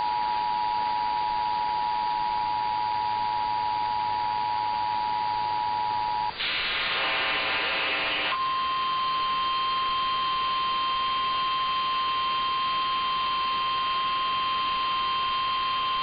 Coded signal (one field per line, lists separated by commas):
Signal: Emergency Alert System (SAME) tones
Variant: 853 and 960 Hz attention tone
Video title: [EAS #1726] Yolo County Flash Flood Warning on KFBK AM 1530